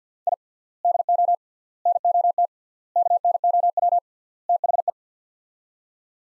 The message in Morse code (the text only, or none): I DO NOT KNOW THE